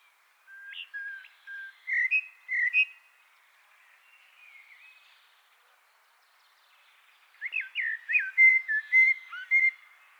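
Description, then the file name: Eurasian blackbird song: two fluty, whistled phrases with brief twittery ends, separated by a long quiet gap. "Turdus merula"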